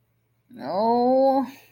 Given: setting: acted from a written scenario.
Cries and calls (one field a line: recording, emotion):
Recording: vocal sound without words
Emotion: distress